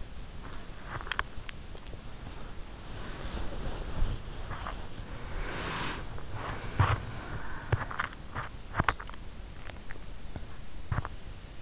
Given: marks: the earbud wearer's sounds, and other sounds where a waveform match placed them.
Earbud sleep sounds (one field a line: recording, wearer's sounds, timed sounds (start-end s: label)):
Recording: sounds in sleep by an in-ear microphone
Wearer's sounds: body movement, breath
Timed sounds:
0.00-11.62 s: body movement
4.87-8.57 s: breath